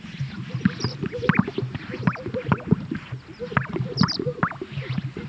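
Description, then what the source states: Greater sage-grouse producing low plopping, bubbly pops in quick irregular series, mixed with wing-swish sounds and a few high squeaky notes. Recorded at a lek.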